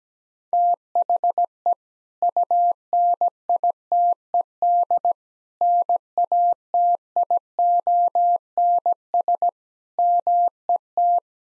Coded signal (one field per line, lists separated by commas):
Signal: Morse code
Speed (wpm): 17 wpm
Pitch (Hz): 700 Hz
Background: none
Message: THE UNITED NATIONS MET